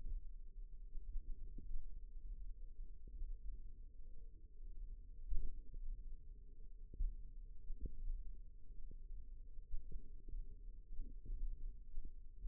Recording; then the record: forearm muscle sounds (acoustic myography)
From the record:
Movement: finger pinch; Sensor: system 1, eight BSWA MPA416 microphones around the upper forearm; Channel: 8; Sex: female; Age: 21 years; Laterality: right